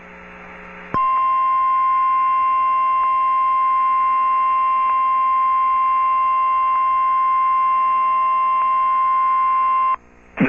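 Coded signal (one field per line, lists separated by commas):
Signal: Emergency Alert System (SAME) tones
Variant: 1050 Hz attention tone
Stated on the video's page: Special marine warning SAME alert for coastal waters.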